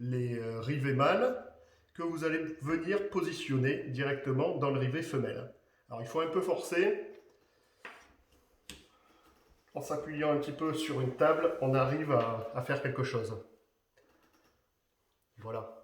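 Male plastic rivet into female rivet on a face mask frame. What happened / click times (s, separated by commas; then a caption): Plastic snap rivet pressed home / 7.8 s, 8.7 s. Someone talks while a male plastic rivet is forced into the female rivet on a face mask frame, pressing it down while bracing against a table. Two sharp snaps are heard at 7.9 s and 8.7 s as the rivet seats, and the talking resumes afterward.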